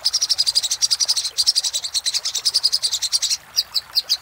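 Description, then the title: Little spiderhunter song: fast, evenly repeated high chips, then slower separated notes. Master song for training cage birds. "Sogok Ontong Labaik"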